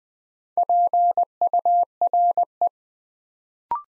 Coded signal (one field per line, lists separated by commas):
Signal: Morse code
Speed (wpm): 20 wpm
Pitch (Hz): 700 Hz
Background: none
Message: PURE